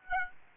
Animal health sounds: mosquito wingbeat signal from an infrared sensor; Aedes aegypti

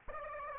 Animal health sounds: mosquito wingbeat signal from an infrared sensor; Aedes aegypti

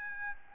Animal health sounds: mosquito wingbeat signal from an infrared sensor; Aedes albopictus

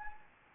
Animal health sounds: mosquito wingbeat signal from an infrared sensor; Anopheles gambiae

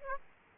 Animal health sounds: mosquito wingbeat signal from an infrared sensor; Aedes aegypti

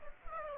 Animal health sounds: mosquito wingbeat signal from an infrared sensor; Aedes aegypti

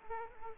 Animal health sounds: mosquito wingbeat signal from an infrared sensor; Aedes aegypti

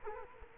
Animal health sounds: mosquito wingbeat signal from an infrared sensor; Culex quinquefasciatus

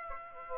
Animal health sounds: mosquito wingbeat signal from an infrared sensor; Aedes aegypti

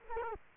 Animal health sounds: mosquito wingbeat signal from an infrared sensor; Culex quinquefasciatus

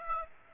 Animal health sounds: mosquito wingbeat signal from an infrared sensor; Aedes aegypti

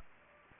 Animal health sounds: mosquito wingbeat signal from an infrared sensor; Culex pipiens

